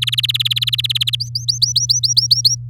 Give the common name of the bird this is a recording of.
Domestic Canary